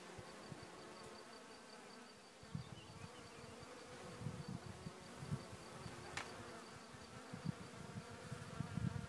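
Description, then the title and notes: Bees buzzing, a low droning hum with swelling buzzes and a sharp click. A bunch of bees recorded in Bergerac, South of France. "A bunch of Bees recorded in Bergerac in the South of France."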